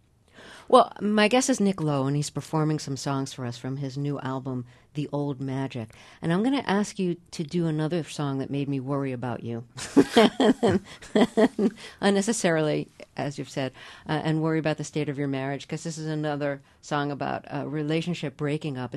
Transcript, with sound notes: Well, my guest is Nick Lowe, and he's performing some songs for us from his new album "The Old Magic." And I'm going to ask you to do another song that made me worry about you.
(SOUNDBITE OF LAUGHTER)
Unnecessarily, as you said, and worry about the state of your marriage, because this is another song about a relationship breaking up.